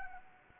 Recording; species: mosquito wingbeat signal from an infrared sensor; Anopheles gambiae